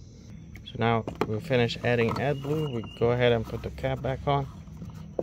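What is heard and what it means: After the AdBlue (DEF) tank on a Mercedes-Benz is refilled, the plastic filler cap is being put back on the tank filler neck while someone talks. Brief handling taps are heard at 0.6 s, 4.9 s and 5.2 s. The cap has not clicked shut or seated yet.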